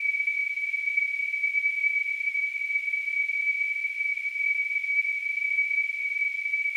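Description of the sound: A steady, continuous high-pitched pure tone of about 2.3 kHz with faint hiss above it, a simulation of tonal tinnitus.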